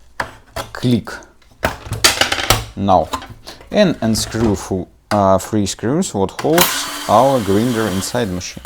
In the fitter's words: you release them. You can see a hearable click now.